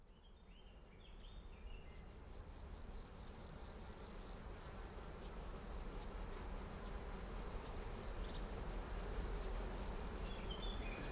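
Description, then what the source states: Splendid bush-cricket song starting faint and growing clearer, sharp high chirps spaced under a second apart, with a continuous low insect buzz beneath. Recorded in France at the Col de Carabès between Drôme and Hautes-Alpes in late July, among abundant flowers with a constant hum of foraging insects.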